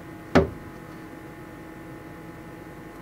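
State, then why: Seated. A USB plug is pushed into the USB port on a VTOMAN Flashspeed 1500 portable power station and gives a single sharp click at 0.4 s, followed by quiet background hum. The plug is confirmed clicked in and seated.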